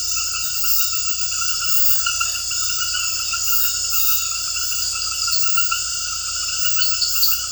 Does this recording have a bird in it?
no